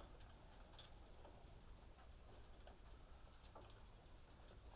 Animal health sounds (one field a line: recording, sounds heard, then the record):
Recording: poultry house recording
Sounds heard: healthy chickens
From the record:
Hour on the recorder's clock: 18